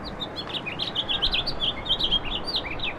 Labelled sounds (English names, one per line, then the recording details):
House Finch song
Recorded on Long Island, New York, on 18 April 2012
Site GC
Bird B